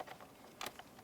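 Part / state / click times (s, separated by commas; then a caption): power mirror harness connector into mirror wiring / not seated / none. A power mirror wiring harness connector is handled at the mirror wiring on a 2004–2009 Dodge Durango, with a few short, sharp taps, the loudest cluster around 0.6–0.7 s and another at 0.8 s. The connector has not seated or clicked into place yet.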